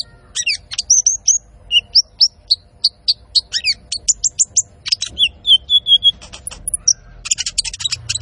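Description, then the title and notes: Van Hasselt's sunbird song: rapid, high, thin chirps and short whistled slurs, many notes falling sharply, delivered in a quick steady stream with brief pauses. Masteran training recording for caged birds, also used as a lure; full song with 'isian' fillers and 'tembakan' shot phrases; bird described as gacor, singing constantly. "MASTERAN KOLIBRI NINJA FULL ISIAN DAN TEMBAKAN COCOK BUAT PANCINGAN. Suara Burung Kolibri Ninja Gacor"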